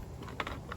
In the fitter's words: snaps in place and then goes on with two screws anyway